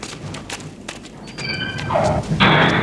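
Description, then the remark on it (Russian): A heavy iron door into a tunnel swings shut: a few dull knocks, a thin metallic squeal from the hinges, then a loud, resonant clang that hangs on at the end. “Дверь закрывается.”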